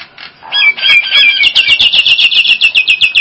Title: Jalak Nias